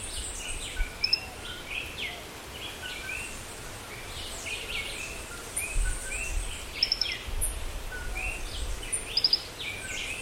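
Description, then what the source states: Bird chorus with scattered chirps and several brief, sharp high trills at intervals, over a constant low rumble and hiss. Forest.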